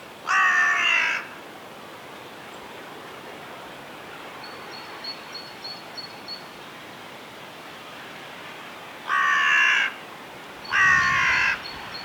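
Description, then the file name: Carrion crow giving harsh, hoarse caws: one near the start, then two more close together near the end, with a thin high repeated chirping from another small bird in between. "Corvus corone"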